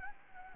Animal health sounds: mosquito wingbeat signal from an infrared sensor; Anopheles gambiae

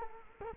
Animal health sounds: mosquito wingbeat signal from an infrared sensor; Culex quinquefasciatus

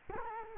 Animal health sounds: mosquito wingbeat signal from an infrared sensor; Culex quinquefasciatus

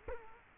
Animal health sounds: mosquito wingbeat signal from an infrared sensor; Culex quinquefasciatus

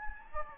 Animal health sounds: mosquito wingbeat signal from an infrared sensor; Anopheles gambiae

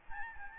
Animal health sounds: mosquito wingbeat signal from an infrared sensor; Aedes albopictus

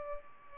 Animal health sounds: mosquito wingbeat signal from an infrared sensor; Culex pipiens

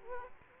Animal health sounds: mosquito wingbeat signal from an infrared sensor; Culex quinquefasciatus

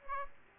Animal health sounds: mosquito wingbeat signal from an infrared sensor; Aedes aegypti

